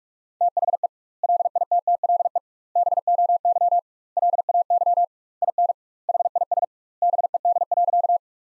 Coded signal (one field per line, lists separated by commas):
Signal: Morse code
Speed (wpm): 46 wpm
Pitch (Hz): 700 Hz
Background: none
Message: THE LITTLE BOY LAY IN HIS BED.